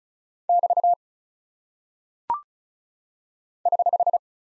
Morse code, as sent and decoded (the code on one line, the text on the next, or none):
-...- / ........
<BT> <HH>